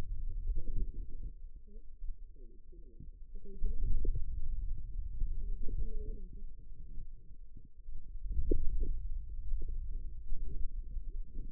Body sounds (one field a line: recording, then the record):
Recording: forearm muscle sounds (acoustic myography)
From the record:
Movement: hand closing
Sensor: system 2, bracelet of six BSWA MPA416 microphones around the upper forearm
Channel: 4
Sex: female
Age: 21 years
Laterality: right